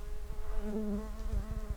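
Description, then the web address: Common carder bee buzzing, a steady low droning hum with rich overtones, with some low rumbling noise. Worker bees. "Pascuorum workers"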